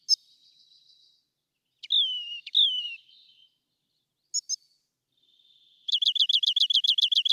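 Rock wren song with a soft buzzy trill, two downslurred whistles, brief high clicks, and a rapid string of repeated sharp chirps.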